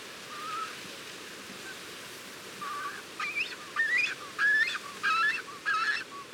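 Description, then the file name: Cormorant calls: a faint note early on, then from about three seconds a run of loud, rising, nasal honks repeated quickly. Several cormorants recorded at the nest. "CORMORANS AU NID"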